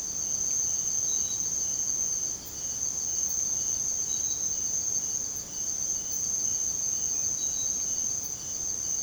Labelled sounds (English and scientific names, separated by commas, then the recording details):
none
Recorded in secondary vegetation near Puerto Asís, Putumayo, Colombia, on 20 December 2024 at 03:30
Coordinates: 0.489, -76.322
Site G059